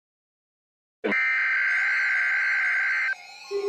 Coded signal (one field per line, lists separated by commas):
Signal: Emergency Alert System (SAME) tones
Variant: header bursts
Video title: SLIGHT RISK INSANITY II. EAS Alerts from 1-18-2023. [EAS #1057 - #1066]